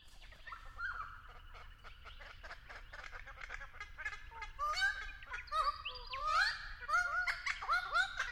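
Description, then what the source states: Friarbird calls building from soft chatter into loud, rising and falling nasal squawks and yelps. Calling from an Angophora tree.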